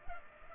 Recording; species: mosquito wingbeat signal from an infrared sensor; Culex pipiens